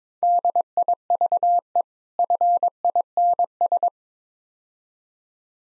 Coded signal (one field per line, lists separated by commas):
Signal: Morse code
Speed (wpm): 24 wpm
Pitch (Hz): 700 Hz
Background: none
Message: DIVE FINS